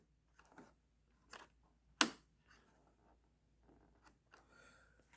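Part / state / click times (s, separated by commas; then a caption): model railroad track switch into adjoining track section / seated / 2.0 s. A model railroad switch (turnout) is pressed into an adjoining track section, with a few soft handling clicks and rustles at 0.4, 0.6 and 1.3 s. One sharp, loud snap at 2.0 s marks the switch seating in place, which these switches do, unlike Atlas ones. Quieter handling sounds follow.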